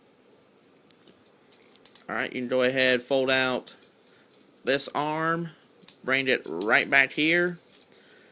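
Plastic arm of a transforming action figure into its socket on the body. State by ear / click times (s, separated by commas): not seated / none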